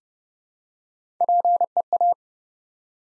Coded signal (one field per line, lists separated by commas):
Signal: Morse code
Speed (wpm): 30 wpm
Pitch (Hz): 700 Hz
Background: none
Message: PEA